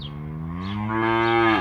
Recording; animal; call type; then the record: contact call of a hoofed animal; cattle; low-frequency (closed-mouth) or high-frequency (open-mouth) call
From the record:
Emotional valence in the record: negative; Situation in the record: full separation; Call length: 1.61 s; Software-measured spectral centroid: 1480 Hz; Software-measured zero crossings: 1340 a second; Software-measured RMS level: -23 dBFS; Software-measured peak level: -7 dBFS